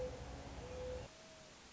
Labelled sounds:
Mourning Dove
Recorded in Sonoma County, California

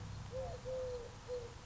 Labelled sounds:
Eurasian Collared Dove
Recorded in Sonoma County, California

